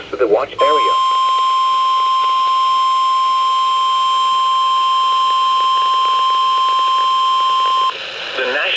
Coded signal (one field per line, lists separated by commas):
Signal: Emergency Alert System (SAME) tones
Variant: 1050 Hz attention tone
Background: speech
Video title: Tropo Disaster | EAS Alerts From 7/30/2024 (EAS #2,669-2,682)